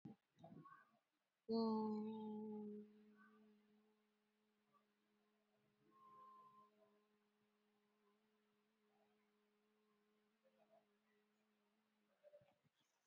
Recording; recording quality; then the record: sustained vowel as in boot; excellent, no background noise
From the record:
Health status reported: COVID-19 positive, moderate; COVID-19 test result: positive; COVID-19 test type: RT-PCR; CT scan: not taken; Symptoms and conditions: cold, sore throat, loss of smell and taste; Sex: female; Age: 35 years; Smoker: no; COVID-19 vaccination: one dose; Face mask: worn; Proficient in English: yes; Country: India